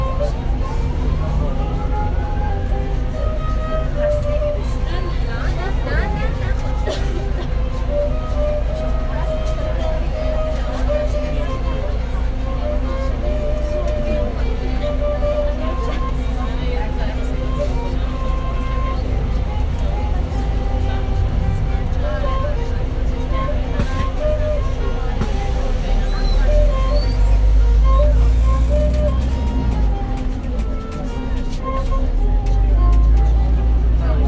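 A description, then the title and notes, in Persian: A ghaychak is played aboard a bus, its thin bowed melody wavering and sliding over a constant low engine rumble. Voices murmur underneath throughout, and the rumble swells heavier from about 25 seconds as the bus labors on. قيچكنوازي - اتوبوس راهآهن-وليعصر. نوازنده دورهگردي سازي مي زد كه نمي دانستم چيست.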